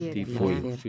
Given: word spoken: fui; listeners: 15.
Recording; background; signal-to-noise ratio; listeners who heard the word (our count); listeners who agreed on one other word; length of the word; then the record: one Spanish word in noise, from a listening test; four-talker babble; -0.1 dB; 2 of 15; 7 of 15; 0.49 s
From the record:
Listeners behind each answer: 7, 3, 2, 1, 1, 1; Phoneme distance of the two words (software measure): 38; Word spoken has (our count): 1 syllable, 3 phonemes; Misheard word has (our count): 2 syllables, 5 phonemes, stress on syllable 2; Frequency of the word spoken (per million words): 55.88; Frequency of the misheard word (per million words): 0.40